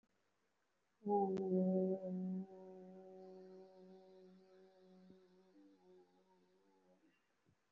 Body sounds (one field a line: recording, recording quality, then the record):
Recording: sustained vowel as in boot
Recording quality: moderate, slight background noise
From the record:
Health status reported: recovered from COVID-19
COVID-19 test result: positive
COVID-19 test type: RT-PCR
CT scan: taken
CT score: 3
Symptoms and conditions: cough, cold, breathing difficulty, chronic lung disease, pneumonia, hypertension, diabetes, another condition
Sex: female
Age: 63 years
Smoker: no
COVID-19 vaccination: none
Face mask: worn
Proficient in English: yes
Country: India